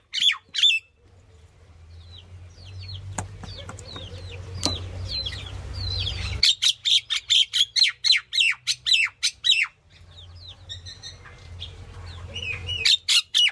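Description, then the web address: Myna calls in loud rapid series of squawking, chattering notes, interrupted by stretches of low humming background noise. "animal-sound myna-sound"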